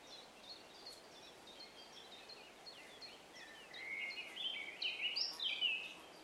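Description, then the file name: Eurasian blackcap song: quiet, rambling scratchy warbling for several seconds, then a loud, ringing flourish of fluted whistles near the end. "Sylvia atricapilla"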